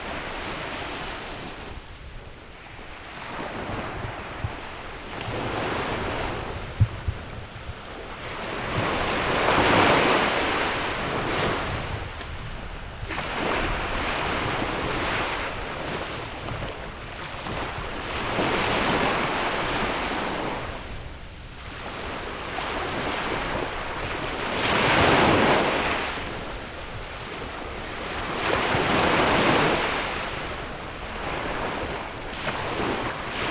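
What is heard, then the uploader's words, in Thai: Waves wash onto a beach in slow, steady cycles, each swell rising into a bright, hissing rush of foam around 10, 18, 25 and 29 seconds before easing back. A low rumble of surf and some wind buffeting on the microphone sit underneath throughout. เสียงคลื่นริมหาดแห่งหนึ่งที่จ.ปัตตานี. เป็นเสียงคลื่นที่อัดมาจากชายหาดแห่งหนึ่ง. แต่ไม่มีคนเลยนอกจากพวกเรา.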